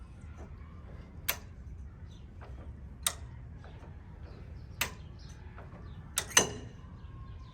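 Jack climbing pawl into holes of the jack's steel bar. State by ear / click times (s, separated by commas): seated / 1.3 s, 3.1 s, 4.8 s, 6.2 s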